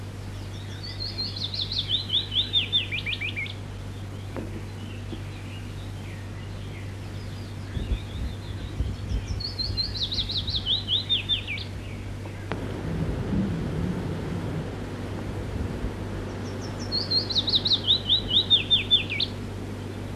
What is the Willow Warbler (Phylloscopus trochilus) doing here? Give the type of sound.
song